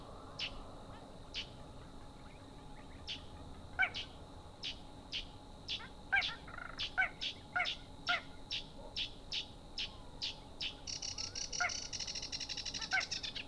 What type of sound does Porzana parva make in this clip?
mating call